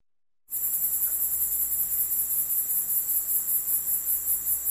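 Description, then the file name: Cicada song: a dense, high, buzzing trill pulsing steadily, starting after a brief moment of silence. At night. "zvuk nochi cikadi i nochnie ptici"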